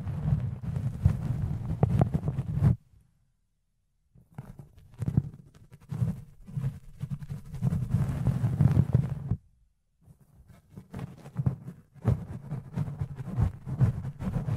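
Fluffy ear cleaning: soft, muffled rubbing and brushing with a low, rumbling body and scattered crisp crackles on top. The scratching comes in uneven bursts, broken by two silent gaps near 3 and 9.5 seconds before resuming.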